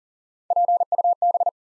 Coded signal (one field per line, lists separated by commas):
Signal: Morse code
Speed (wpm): 41 wpm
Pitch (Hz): 700 Hz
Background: none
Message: PUB